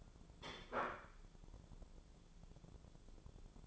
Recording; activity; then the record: daily activity, microphone in the room; place plate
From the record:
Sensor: 5